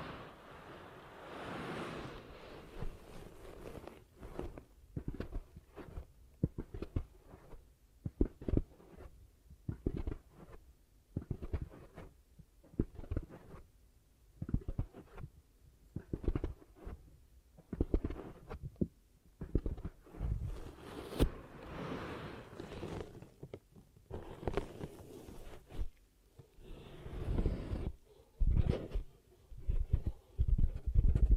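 Ear cupping sounds: repeated muffled, hollow thuds and swishes as hands press and release, coming roughly every second or so for the whole stretch. The pressing is mostly low and dull, with brighter rustling bursts near the start, around twenty seconds, and again near twenty-seven.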